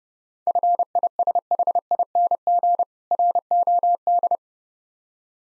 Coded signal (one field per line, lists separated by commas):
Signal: Morse code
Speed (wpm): 30 wpm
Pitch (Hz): 700 Hz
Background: none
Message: FISHING ROD